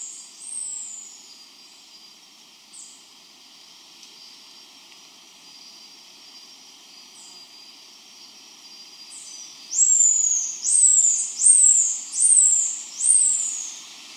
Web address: Nature Songs S America Primates of the Rainforest Silvery-brown bare-face tamarin